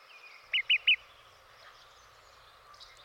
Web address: Dan Gibson's Solitudes Nature Trails. Olive-Sided Flycatcher